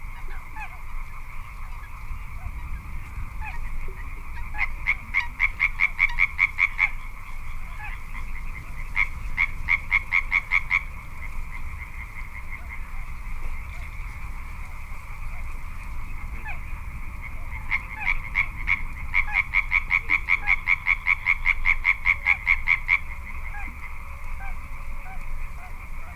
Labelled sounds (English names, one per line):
Little Crake